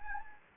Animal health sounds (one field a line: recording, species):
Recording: mosquito wingbeat signal from an infrared sensor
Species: Anopheles gambiae